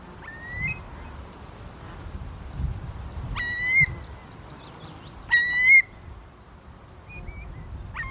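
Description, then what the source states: Eurasian curlew giving a few clear whistled calls, sharp onsets sliding into level notes, spaced a couple of seconds apart over faint low rumble. A lone curlew on well-farmed fields in rural Aberdeenshire, Scotland, overlooking the Buchan Plain; observed for weeks, seemingly lonely, perching for hours on a strainer post and whickering.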